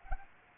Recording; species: mosquito wingbeat signal from an infrared sensor; Aedes aegypti